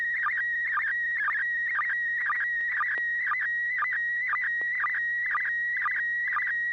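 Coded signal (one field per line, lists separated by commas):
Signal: SSTV (slow-scan television)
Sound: steady high warbling tone with rhythmic low blips about twice a second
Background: low hum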